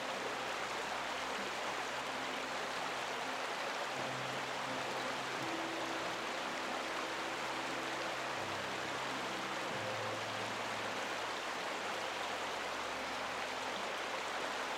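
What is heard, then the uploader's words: A rushing stream fills the clip with a steady, dense hiss that never lets up. Underneath, soft low piano notes hold and shift slowly, most noticeable from about four to twelve seconds, nearly buried by the water. Calming Piano Music with Water Sounds. A calming piano lullaby flows with a rushing stream.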